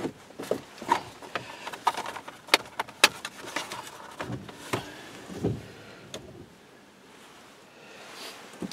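A plastic air vent is pressed back into its opening in a Tundra's dashboard, with a series of light plastic taps and rattles as it is worked into position. Two sharp snaps at 2.5 s and 3.0 s mark the vent clicking into place, followed by a few softer knocks and then near silence. The vent ends up fully seated.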